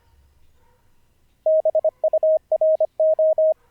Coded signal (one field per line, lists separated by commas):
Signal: Morse code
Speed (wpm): 25 wpm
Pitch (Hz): 630 Hz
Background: none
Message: BURO